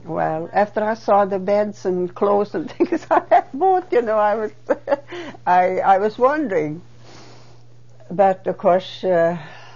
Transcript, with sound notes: Well, after I saw the beds and the clothes and things I had brought,, (she laughs) you know, I already, I was wondering. But, of course, of